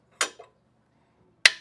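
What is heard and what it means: A bearing puller with 5/8 and 1 1/8 inch pieces is tightened on a pressed-in steel cam bearing in an aluminium Harley crankcase, with a brief metallic clink at about 0.2 s and a fainter one at 0.4 s. At 1.5 s the bearing lets go with a sharp, loud snap, breaking loose from the crankcase.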